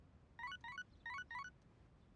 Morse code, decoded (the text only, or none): none